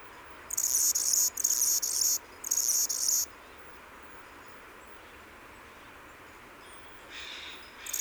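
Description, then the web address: Anna's hummingbird singing several dry, buzzing, high-pitched phrases close together, then silence, with a fainter high sound near the end. "xeno-canto colibri d anna"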